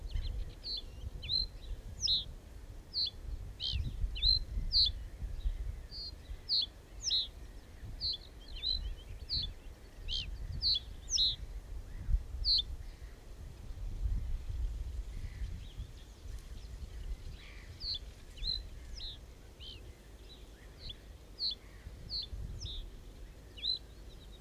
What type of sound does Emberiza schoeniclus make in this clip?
song